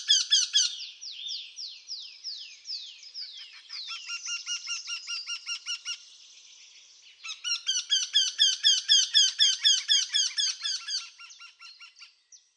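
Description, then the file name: Eurasian wryneck giving a brief burst of rapid nasal notes, then descending whistles, then two longer bursts of rapid repeated nasal notes separated by a short pause, fading out at the end. "kretoglow"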